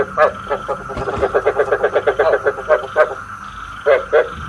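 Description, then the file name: Frog croaking in a fast, uneven series of short pulses, a dense burst in the middle, then a pause and a few spaced croaks. Frog mating calls. "Tieng ech keu bat cap"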